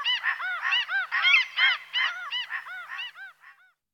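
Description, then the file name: Common gull calling in a rapid series of arched, nasal mewing notes, tumbling and fading toward the end. "Racek bourni Larus canus"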